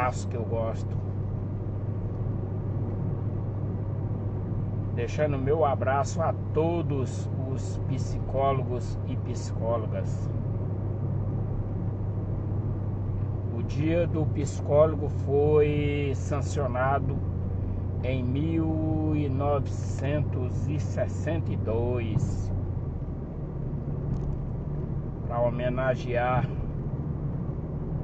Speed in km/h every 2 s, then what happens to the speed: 59, 59, 58, 59, 59, 59, 57, 54, 55, 56, 57, 56, 58, 61.
0-15 steady at about 59. 15-28 speeds up to 61.